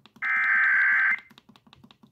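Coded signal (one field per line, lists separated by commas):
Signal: Emergency Alert System (SAME) tones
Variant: header bursts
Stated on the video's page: Real EAS tests received in January 2020.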